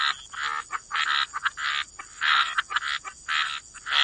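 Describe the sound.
Frogs in chorus, coarse buzzy croaks in loud phrases separated by short pauses, with a steady faint high-pitched tone.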